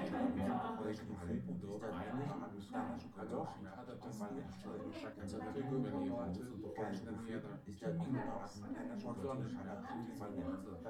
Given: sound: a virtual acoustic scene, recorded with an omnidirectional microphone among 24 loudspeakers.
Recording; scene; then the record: noise of the scene; living room, symmetric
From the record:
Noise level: 70 dB SPL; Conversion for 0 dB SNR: 6.9 dB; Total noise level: 76.9 dB SPL